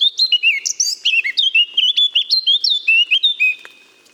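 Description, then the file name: Eurasian blackcap song: a rich, fast run of clear fluting whistles, rising and falling notes tumbling together for about three and a half seconds before fading. "Sylvia atricapilla"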